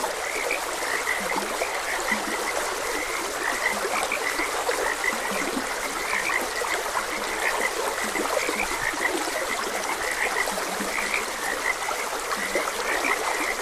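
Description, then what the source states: Frogs croaking, short bright notes repeating steadily throughout, with occasional deeper low croaks, over a constant flowing stream. Frogs croaking beside a gentle stream, ambient nature sounds.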